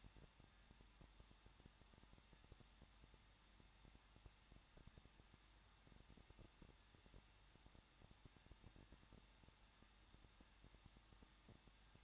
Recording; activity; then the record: daily activity, microphone in the room; no activity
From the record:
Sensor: 3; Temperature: 21.2 degrees Celsius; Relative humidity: 36.3%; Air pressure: 1006.3 hPa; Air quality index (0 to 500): 222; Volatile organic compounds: 41 ppm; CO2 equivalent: 3166 ppm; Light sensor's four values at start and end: 2/3/2/2 and 2/3/2/2